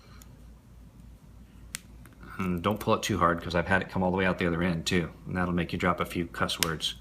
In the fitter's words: All right, you heard it snap in there.